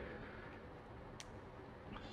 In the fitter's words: you push them into you hear the click once you have all the plugs connected the